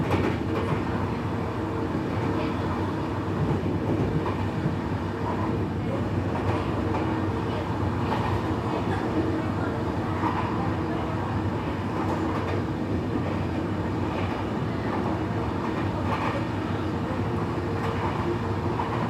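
A train rattles steadily along on an evening ride, a constant low rumble with faint, irregular clicks and knocks from the tracks throughout.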